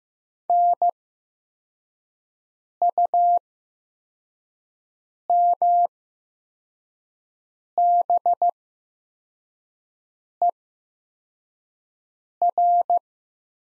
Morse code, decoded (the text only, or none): NUMBER